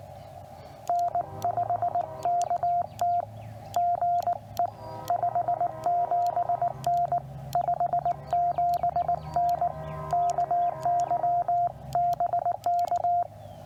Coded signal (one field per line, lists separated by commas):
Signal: Morse code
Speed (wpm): 19 wpm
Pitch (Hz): 690 Hz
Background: radio noise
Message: N5KT GE 57N 57N KY BK